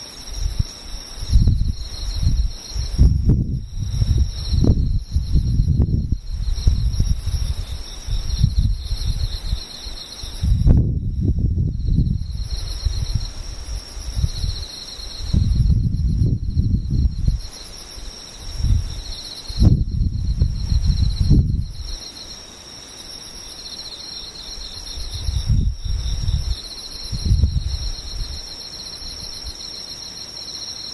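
Insects drone in a steady, high-pitched chorus throughout, while low rumbling gusts, like wind or handling, swell in irregularly every few seconds.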